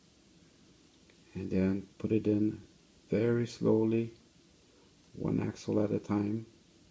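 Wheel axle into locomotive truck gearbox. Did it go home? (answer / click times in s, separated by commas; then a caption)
no / none. Wheel axles of a Kato N scale SD45 Santa Fe locomotive truck, handled during a rebuild, are about to be pushed slowly, one at a time, into the plastic gearbox frame while someone talks. Nothing has seated or clicked yet.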